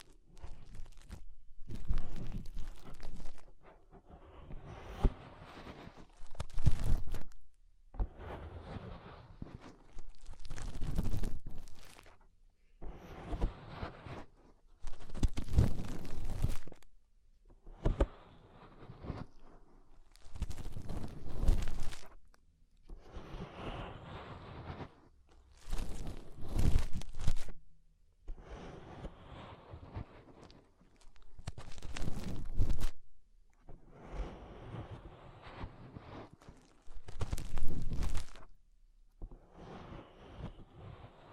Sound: Inner Ear Cleaning Using Fingers